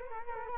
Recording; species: mosquito wingbeat signal from an infrared sensor; Culex quinquefasciatus